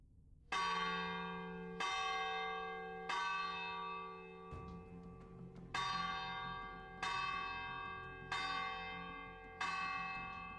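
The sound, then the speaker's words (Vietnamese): A village gong at the communal house of Phượng Bãi village is struck eight times to summon the villagers, at a steady, unhurried pace, each clang bright and metallic with a long ringing tail that overlaps the next stroke. No one speaks. “Tiếng kèn triệu tập từ đình nghe thêm một lần nữa vang vọng khắp thôn Phượng Bãi trong ngày hôm nay.”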